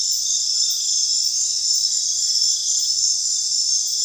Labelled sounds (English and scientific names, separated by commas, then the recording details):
none
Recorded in secondary vegetation near Puerto Asís, Putumayo, Colombia, on 23 June 2025 at 22:00
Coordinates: 0.498, -76.327
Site GP09